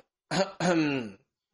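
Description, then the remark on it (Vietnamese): A Buddhist monk sighs, then gives a voiced, two-part throat clearing, like an "ahem," with a short gap between the two moderately loud pushes and a pitch that sags slightly toward the end. “Định Sát đại sư thở dài một tiếng, chợt hắng giọng nói”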